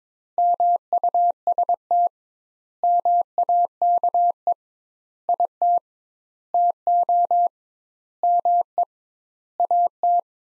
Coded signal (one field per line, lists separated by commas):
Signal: Morse code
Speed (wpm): 22 wpm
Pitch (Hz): 700 Hz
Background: none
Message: MUST MAKE IT TO ME AT